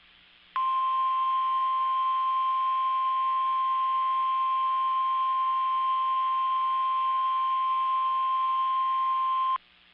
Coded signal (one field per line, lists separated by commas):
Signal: Emergency Alert System (SAME) tones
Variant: 1050 Hz attention tone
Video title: Severe Thunderstorm Warning on WXK85 and KNAH #1 | 7/25/21 | EAS 396-397